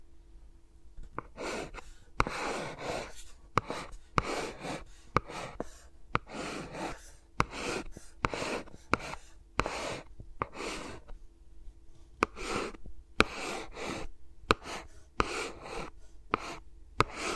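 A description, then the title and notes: Fingers move around microphones in a steady series of soft, airy rustling swipes, roughly one or two each second, separated by brief near-silent gaps. Sharp little taps or clicks land on several strokes, and a faint constant hum sits underneath throughout. ASMR with Mics Around My Fingers (No Talking).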